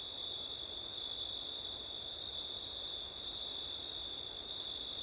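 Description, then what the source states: Crickets in a chorus of steady high trills at two pitches, the higher one breaking off briefly once, with a soft rushing of wind underneath. Crickets on a windy September night; labelled ortif.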